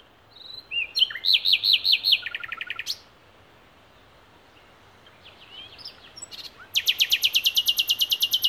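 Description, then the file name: Common nightingale song: rich phrases of rapid repeated notes, a whistled then a fast chattering series, a pause, then a loud rapid rattling trill of repeated notes. "Luscinia megarhynchos"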